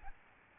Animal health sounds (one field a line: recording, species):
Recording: mosquito wingbeat signal from an infrared sensor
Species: Aedes albopictus